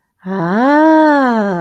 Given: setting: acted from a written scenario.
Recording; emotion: vocal sound without words; interest